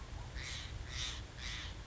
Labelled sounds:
Steller's Jay
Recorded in Sonoma County, California

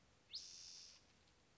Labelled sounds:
Spotted Towhee
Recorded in Sonoma County, California

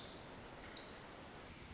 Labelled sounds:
Pacific Wren
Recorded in Sonoma County, California

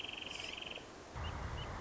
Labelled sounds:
Wrentit
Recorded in Sonoma County, California

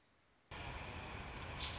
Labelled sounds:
American Robin
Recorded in Sonoma County, California

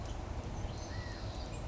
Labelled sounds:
California Quail
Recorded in Sonoma County, California

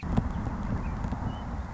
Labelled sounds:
Western Meadowlark
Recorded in Sonoma County, California

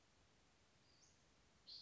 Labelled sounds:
Western Flycatcher
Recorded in Sonoma County, California

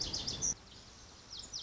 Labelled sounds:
Lazuli Bunting
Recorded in Sonoma County, California

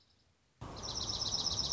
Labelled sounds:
Dark-eyed Junco
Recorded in Sonoma County, California

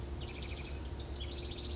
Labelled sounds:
House Wren
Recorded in Sonoma County, California

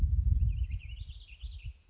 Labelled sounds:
American Robin
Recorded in Sonoma County, California

